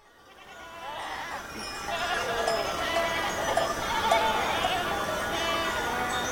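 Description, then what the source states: Goats bleating in an overlapping chorus, wavering nasal calls building after a quiet start and continuing steadily throughout. Goats in Akamas, Cyprus.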